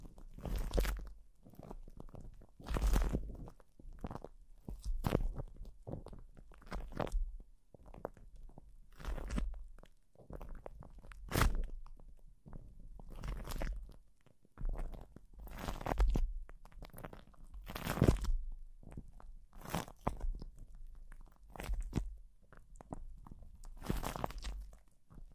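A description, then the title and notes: Plastic wrap crinkles and crunches against a microphone in irregular bursts, roughly one or two every second or two, some sharp and bright, others softer. A low rumbling thump comes with many of the handlings, and brief quiet gaps separate the clusters. PLASTIC WRAP ON THE MIC (EXTRA TINGLY).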